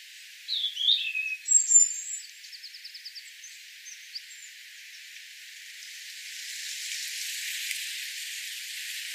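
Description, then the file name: European robin sounds, high thin whistles and warbled notes, then a brief rapid ticking series, fading into steady hissing background noise. "Erithacus rubecula"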